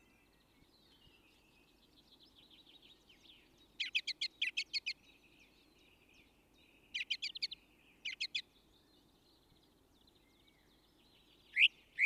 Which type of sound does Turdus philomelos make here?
song